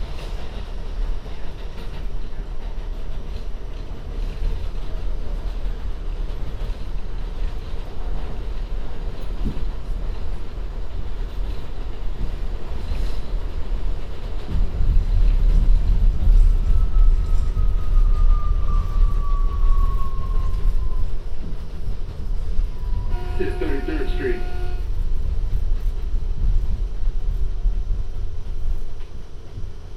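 A binaural recording of an MTA subway ride: steady low rumble throughout, a long falling squeal around 16–21 seconds, and bright screeches near 23–25 seconds.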